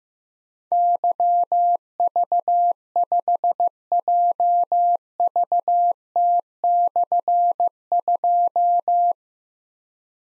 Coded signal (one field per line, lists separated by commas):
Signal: Morse code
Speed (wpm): 15 wpm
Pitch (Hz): 700 Hz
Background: none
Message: YV5JVT/2